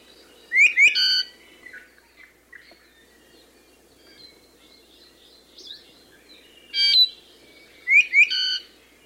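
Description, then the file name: ʻIʻiwi song phrases, squeaky rising notes mixed with harsh buzzy bursts, loud phrases separated by quieter high chirps, over steady low background noise. "Iiwi"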